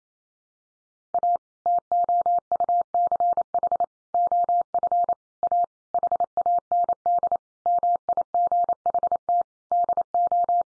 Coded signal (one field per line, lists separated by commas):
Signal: Morse code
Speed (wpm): 28 wpm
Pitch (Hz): 700 Hz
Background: none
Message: A TOUCH OF A HAND MIGHT DO